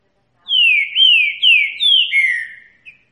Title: Canto De Trinca Ferro Voz 08. TRINCA=FERRO BAIANO CANTO CATINGUEIRO